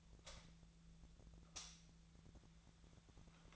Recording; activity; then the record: daily activity, microphone in the room; light on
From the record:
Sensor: 3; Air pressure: 1009.8 hPa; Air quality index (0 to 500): 190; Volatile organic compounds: 14 ppm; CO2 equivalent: 2474 ppm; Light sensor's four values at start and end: 39/98/42/45 and 45/117/50/52